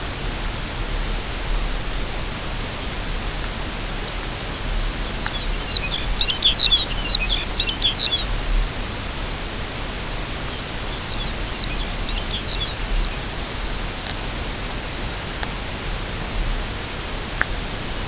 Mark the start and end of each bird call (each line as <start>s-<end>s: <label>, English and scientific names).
5.12s-8.34s: Lapland Longspur (Calcarius lapponicus)
10.43s-10.61s: Lapland Longspur (Calcarius lapponicus)
10.96s-13.29s: Lapland Longspur (Calcarius lapponicus)